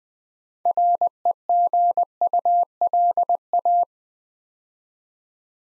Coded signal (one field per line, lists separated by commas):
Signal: Morse code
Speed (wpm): 20 wpm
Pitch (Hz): 700 Hz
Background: none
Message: REGULA